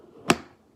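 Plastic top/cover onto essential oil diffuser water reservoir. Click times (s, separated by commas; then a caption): 0.3 s. After an earlier try put on wrong without clicking, a plastic top is lined up with the groove and pressed onto the water reservoir of a Young Living essential oil diffuser. A single sharp click sounds at 0.3 s against a quiet background. The top is seated in place, which keeps the diffuser from leaking.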